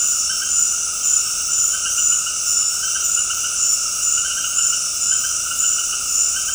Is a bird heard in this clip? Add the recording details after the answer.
no. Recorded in dense forest near Puerto Asís, Putumayo, Colombia, on 21 February 2024 at 19:30. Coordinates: 0.485, -76.318. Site G6408